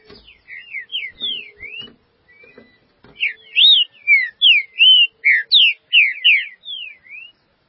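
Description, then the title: Green-winged saltator song of quick whistled slurs, softer at the start among a few knocks and clicks, then louder and steady to the end. "Trinca Ferro"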